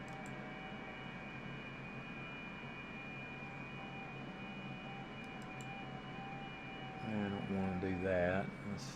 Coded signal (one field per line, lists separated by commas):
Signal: FT8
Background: speech